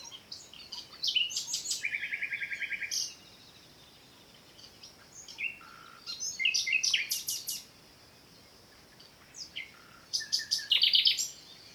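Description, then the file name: Common nightingale singing in separate phrases: a fast rattling trill, clicks and sharp notes, a rapid chattering burst, then loud whistled and chirped notes after a pause. "Luscinia megarhynchos"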